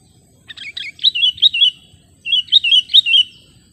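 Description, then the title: Sooty-headed bulbul song: two bursts of quick, bubbly warbled notes, with faint low background rumble. "kutilang"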